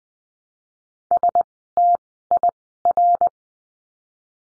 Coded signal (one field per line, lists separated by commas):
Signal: Morse code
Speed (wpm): 20 wpm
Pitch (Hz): 700 Hz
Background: none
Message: STIR